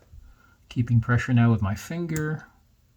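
A finger holds pressure on the circuit board of a Casio G-Shock GW-9400 watch, being modified with a positive display, as it is pressed down toward four plastic posts in the case meant to snap into the board's half-moon cutouts. Someone talks over quiet handling sounds. Nothing has seated or clicked yet.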